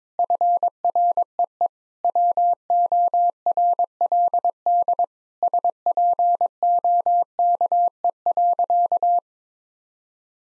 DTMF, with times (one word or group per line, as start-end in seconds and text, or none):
none